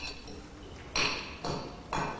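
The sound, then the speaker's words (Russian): A metal lid is set down on a frying pan, clattering three times in quick succession with a bright, ringing metallic clink over a low background hum. “Закрывает сковороду крышкой.”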